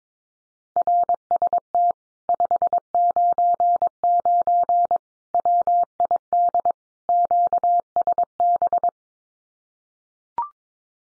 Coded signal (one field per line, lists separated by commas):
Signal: Morse code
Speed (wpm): 22 wpm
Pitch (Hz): 700 Hz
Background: none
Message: RST 599 WID QSB